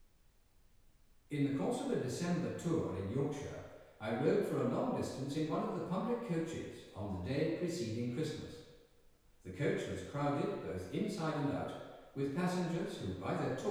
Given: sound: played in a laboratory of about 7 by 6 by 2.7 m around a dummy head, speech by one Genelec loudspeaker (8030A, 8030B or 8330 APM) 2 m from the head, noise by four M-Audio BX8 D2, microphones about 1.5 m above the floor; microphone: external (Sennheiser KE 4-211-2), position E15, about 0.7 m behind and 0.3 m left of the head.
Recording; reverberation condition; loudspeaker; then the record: male speech in English; high; 30 degrees to the right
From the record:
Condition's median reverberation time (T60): about 1300 ms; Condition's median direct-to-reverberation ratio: about -4.0 dB